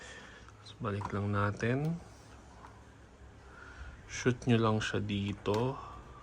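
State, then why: Not seated. A washed removable part of a Pery Smith Xtreme V30 Pro dust mite vacuum cleaner, washable with clean water, is being handled to slot back into the vacuum cleaner body while someone talks. Faint soft handling sounds occur at about 0.5 s and 2.6 s, but nothing has seated or clicked yet.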